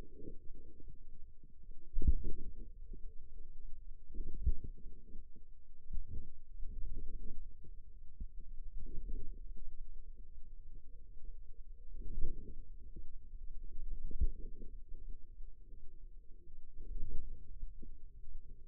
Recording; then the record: forearm muscle sounds (acoustic myography)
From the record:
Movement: wrist extension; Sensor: system 2, bracelet of six BSWA MPA416 microphones around the upper forearm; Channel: 1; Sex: female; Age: 23 years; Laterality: right